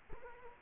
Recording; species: mosquito wingbeat signal from an infrared sensor; Culex quinquefasciatus